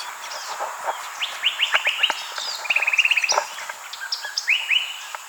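Sinaloa wren song: quick sharp down-slurred notes, then a fast even trill of bright repeated notes, with scattered softer chips in the background.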